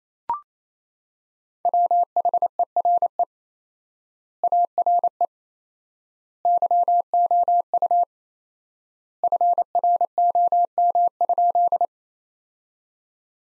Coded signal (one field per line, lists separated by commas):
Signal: Morse code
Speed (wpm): 28 wpm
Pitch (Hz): 700 Hz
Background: none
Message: WHERE ARE YOU FROM?